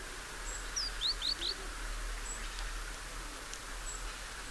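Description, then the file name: Great tit call: one quick burst of thin, high, down-slurred notes early on, with faint scattered high chirps. "Parus major"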